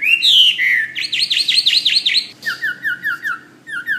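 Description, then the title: Bird singing: a sweeping whistle, then a rapid run of buzzy repeated notes, followed by a string of short downslurred chirps. "SuaraBurung Kicau"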